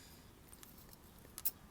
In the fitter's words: then this will just twist and lock into place and you'll see that the screw will locate back in line with the locking lugs here there we go